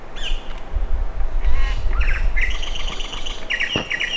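Bird calls, a quick series of bright chirps and slurred notes at varied pitches above a continuous low rumble.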